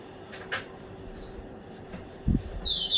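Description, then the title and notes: Bird singing thin high whistles in the second half, after a few clicks, with a low thump among them, over a steady background hum. Recorded at 1 am through a kitchen window. "Birdsong Recorded From My Kitchen Window At 1 Am by Speculativism"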